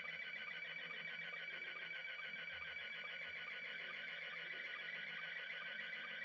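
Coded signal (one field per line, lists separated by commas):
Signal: SSTV (slow-scan television)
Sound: continuous rapid warbling tones with regular short low chirps under radio hiss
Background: radio static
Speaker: and look there. Open GD77 DM70. You know what? Soon as I speak, cuz the phone is picking it up just from the sound.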